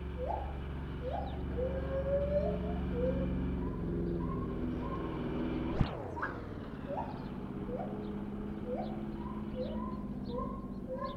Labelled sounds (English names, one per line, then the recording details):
Lar Gibbon
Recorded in captivity
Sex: female
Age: adult
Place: Tierpark Berlin, Berlin, DE
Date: 1967-12-09
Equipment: R 20/1, Sennheiser MD 421
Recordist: Tembrock, Günter